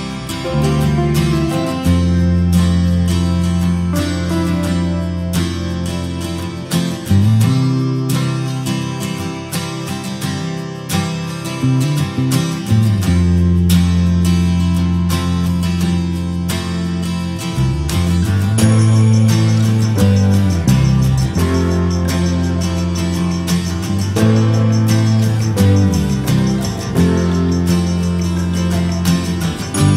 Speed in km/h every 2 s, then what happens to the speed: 41, 43, 44, 46, 47, 47, 46, 46, 46, 46, 45, 45, 44, 44, 43.
0-7 speeds up to 47. 7-30 steady at about 46.